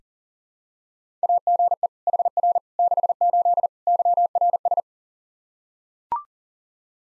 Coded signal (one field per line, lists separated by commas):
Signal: Morse code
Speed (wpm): 40 wpm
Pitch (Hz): 700 Hz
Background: none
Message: AGE HR 68 YRS